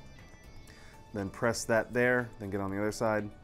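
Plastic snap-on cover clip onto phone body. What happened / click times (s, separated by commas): The plastic cover is being handled but has not snapped on yet / none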